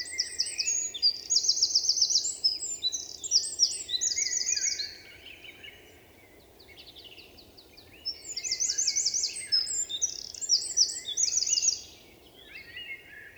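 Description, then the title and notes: Eurasian wren song given twice: each phrase is a loud torrent of sharp, high notes with fast trills, separated by a few quiet seconds. Recorded 27 March 2020 in Val Maravel with a Nagra Seven and MKH8040 microphones in stereo; forest singer whose vigorous, nervous song asserts its presence to any potential rival. "UN VENT DE TROGLODYTE. 27 mars 2020-Val Maravel - Un Troglodyte mignon (Troglodytes troglodytes) affirme par son chant vigoureux sa présence à tout concurrent potentiel.Chanteur de la forêt son chant nerveux est toujours impressionnant de puissance"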